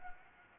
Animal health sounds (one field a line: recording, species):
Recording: mosquito wingbeat signal from an infrared sensor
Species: Anopheles gambiae